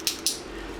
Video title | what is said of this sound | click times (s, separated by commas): Optibotimus Reviews: Transformers Studio Series Deluxe Class BUMBLEBEE (VW Beetle) | so here it kind of snaps in there I mean as you can hear it it | 0.1 s, 0.3 s